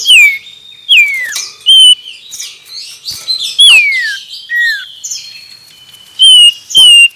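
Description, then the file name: Common iora song: falling whistles and short level notes, repeated throughout over constant twittering. Male. "suara burung cipoh jantan"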